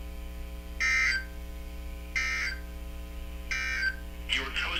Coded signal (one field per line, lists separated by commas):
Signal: Emergency Alert System (SAME) tones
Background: speech